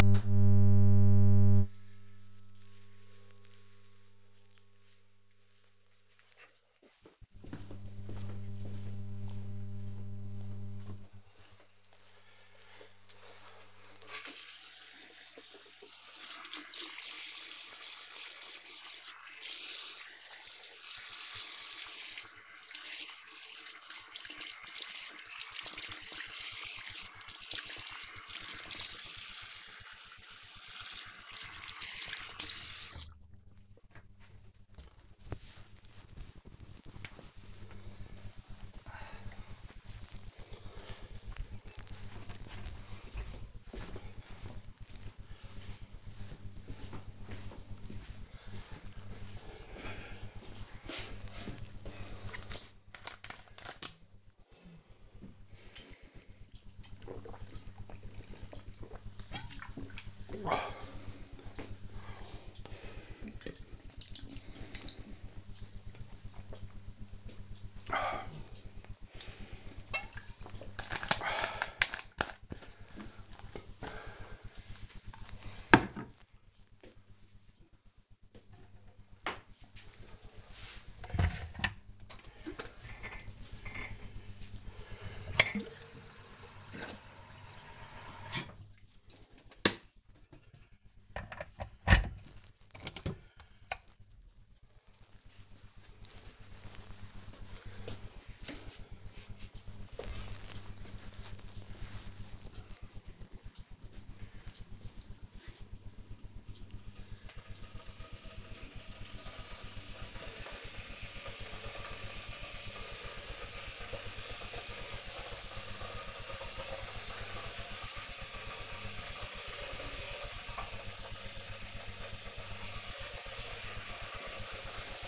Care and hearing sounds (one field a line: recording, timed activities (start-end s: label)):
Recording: household activities, microphone on the right wrist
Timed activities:
13.57-33.71 s: washing hands
51.84-70.97 s: drinking
81.03-125.08 s: making tea